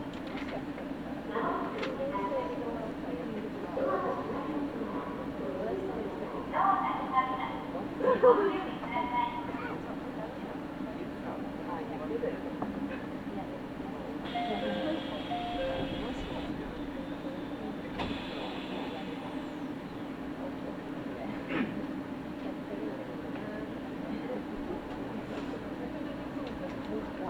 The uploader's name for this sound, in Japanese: 飯田線 各駅停車 豊橋→豊川